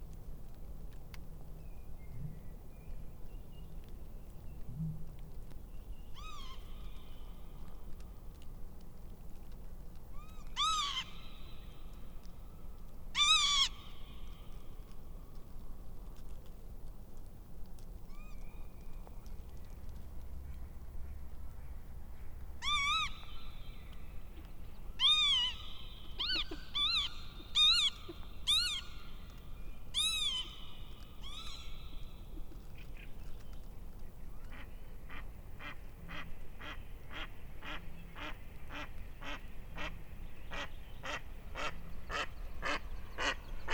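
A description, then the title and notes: Northern lapwings give nasal, wheezy calls in scattered bursts, sparse early on and bunching together around the middle. Near the end a fast, regular run of short ticking notes takes over. A low, steady rumble sits underneath throughout. In April, the northern lapwings ( Vanellus vanellus ) return. Their joyful flight and funny sounds can be heard in the spring fieldscape.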